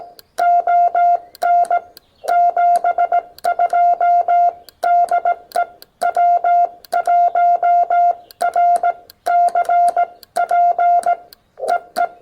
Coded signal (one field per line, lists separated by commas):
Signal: Morse code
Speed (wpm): 18 wpm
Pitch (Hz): 700 Hz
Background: none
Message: ON 72 DE W1RCP EE